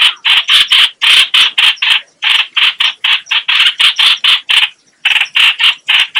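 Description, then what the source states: Bulbul delivering rapid, loud grating notes about four per second, with a short silence before the series continues. Lure call used to attract the bird.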